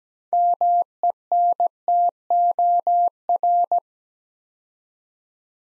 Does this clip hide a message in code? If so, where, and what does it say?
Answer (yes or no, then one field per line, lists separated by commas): yes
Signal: Morse code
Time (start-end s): 0.3-3.8 s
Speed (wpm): 17 wpm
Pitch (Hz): 700 Hz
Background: none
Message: MENTOR